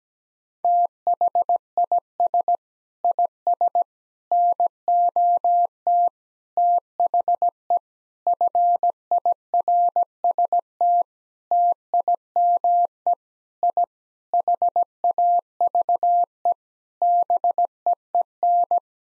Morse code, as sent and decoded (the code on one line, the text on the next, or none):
- .... .. ... / .. ... / -. --- - / - .... . / ..-. .. .-. ... - / - .. -- . / .. / .... .- ...- . / -... . . -.
THIS IS NOT THE FIRST TIME I HAVE BEEN